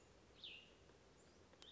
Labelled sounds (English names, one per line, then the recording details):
Cassin's Vireo
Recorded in Sonoma County, California